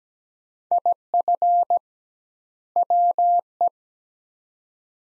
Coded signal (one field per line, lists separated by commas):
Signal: Morse code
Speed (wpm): 17 wpm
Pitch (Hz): 700 Hz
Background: none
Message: IF WE